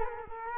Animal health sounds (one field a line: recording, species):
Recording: mosquito wingbeat signal from an infrared sensor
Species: Culex quinquefasciatus